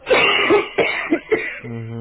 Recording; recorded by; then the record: voluntary cough; telephone call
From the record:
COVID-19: positive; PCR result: checked with the laboratory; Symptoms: yes